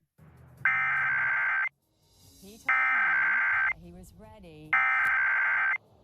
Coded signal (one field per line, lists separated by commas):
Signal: Emergency Alert System (SAME) tones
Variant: header bursts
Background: speech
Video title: WRDQ - National EAS Test - 8/7/2019